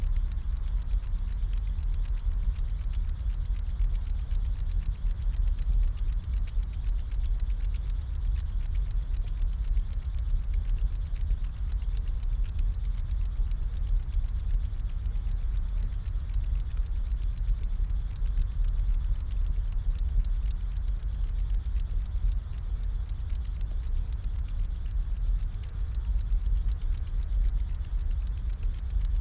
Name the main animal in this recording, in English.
Upland Field Grasshopper